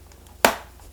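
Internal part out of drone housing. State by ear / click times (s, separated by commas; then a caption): released / 0.5 s. A finger pushes on an internal part held in the plastic housing of a GoPro Karma drone during disassembly until the part pops free. A single sharp pop is heard at 0.4 s, and its broadband sound decays over about the next fifth of a second against a quiet background. The part is released from its housing.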